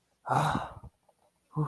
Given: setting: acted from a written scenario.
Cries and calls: vocal sound without words; relief

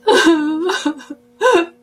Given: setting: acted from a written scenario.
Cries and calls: vocal sound without words; pride

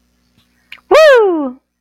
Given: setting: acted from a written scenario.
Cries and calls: vocal sound without words; triumph

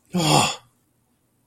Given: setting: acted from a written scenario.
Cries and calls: vocal sound without words; shame

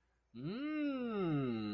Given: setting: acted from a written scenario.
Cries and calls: vocal sound without words; desire

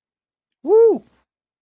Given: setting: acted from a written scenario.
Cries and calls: vocal sound without words; pride

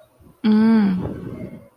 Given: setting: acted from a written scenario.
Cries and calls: vocal sound without words; confusion

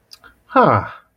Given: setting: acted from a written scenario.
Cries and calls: vocal sound without words; interest

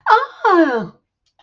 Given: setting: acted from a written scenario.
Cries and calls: vocal sound without words; positive surprise

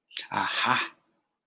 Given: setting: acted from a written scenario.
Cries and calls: vocal sound without words; realization

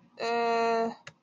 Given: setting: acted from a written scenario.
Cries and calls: vocal sound without words; confusion

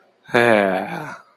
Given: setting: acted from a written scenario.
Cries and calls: vocal sound without words; contentment

